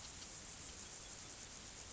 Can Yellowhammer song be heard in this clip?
no